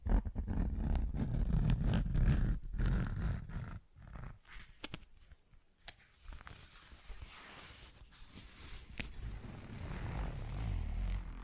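Tapping and scratching sounds, loud and thick with low rumbling rubs for the first four seconds, broken by quick sharp ticks. It then drops quieter, with scattered crisp taps and a brief zipping rasp near the middle before a soft rubbing rise at the end.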